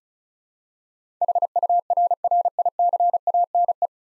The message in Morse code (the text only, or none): HURRICANE